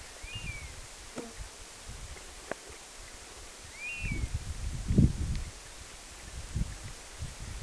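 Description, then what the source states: European honey buzzard calling twice, each a short arched whistle rising then sliding down, with low rumbling and rustling noise swelling in the background. 27 August 2026.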